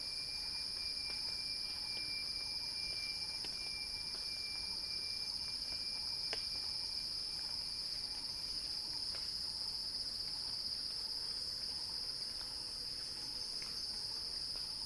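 Cicadas drone on in a constant sizzling wall of sound, a thin tone running underneath with a few sharp clicks.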